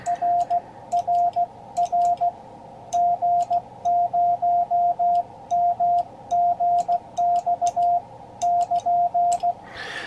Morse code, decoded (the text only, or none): RRR G0MGX <KN>